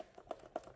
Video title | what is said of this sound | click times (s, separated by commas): AUTO10 Plus - How to Quickly Assemble | When they do, you can see they're nice and solid, click into place. | 0.3 s, 0.6 s